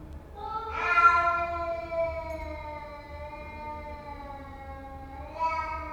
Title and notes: Istambul, Istanbul, Turquie - Cats in the stairwell - Chats dans l'escalier. Istanbul est une ville de chats, ce matin j'en ai enregistré deux dans la cage d'escalier de la maison. C'est lancinant, la complainte pour ne pas aller jusqu'à l'affrontement